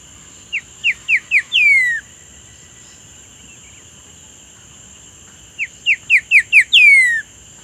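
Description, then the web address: Bird giving a whistled phrase of a few short slurred notes ending in a long falling slur, heard twice about five seconds apart; a steady high tone runs throughout. "BIRD 2015 SABIOD"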